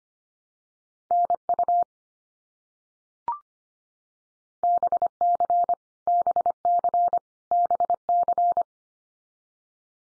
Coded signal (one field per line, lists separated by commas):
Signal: Morse code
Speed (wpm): 25 wpm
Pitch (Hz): 700 Hz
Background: none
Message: NU BC BC BC